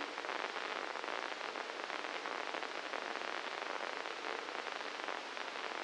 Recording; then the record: brain microelectrode recording played as sound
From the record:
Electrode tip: inside the subthalamic nucleus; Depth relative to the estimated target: 0 mm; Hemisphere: left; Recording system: NeuroSet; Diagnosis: Parkinson's disease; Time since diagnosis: 9 years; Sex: male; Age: 56 years